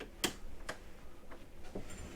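Small catches on the swivelling cab seat base of a £356,000 Fleetwood Discovery LXE 36HQ motorhome are pulled so the seat can slide out. Short ticking clicks are heard at 0.0, 0.2 and 0.7 seconds as the catches let go. The seat slide catches are released.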